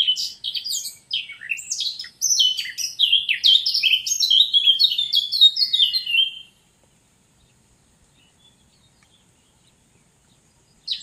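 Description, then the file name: Eurasian blackcap song: a fast, chattering warble with fluted whistles, sung in two bursts over about six seconds, followed by quiet and a brief note at the end. "Sylvia atricapilla"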